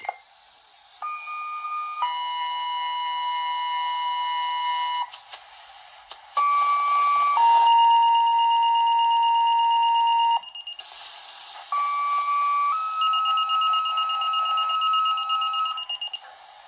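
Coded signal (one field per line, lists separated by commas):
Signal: two-tone page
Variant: Motorola Minitor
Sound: three times a short steady tone then a longer lower tone, with buzzy pulsing overtone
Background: faint room noise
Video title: 1970s Motorola Minitor 1 pager test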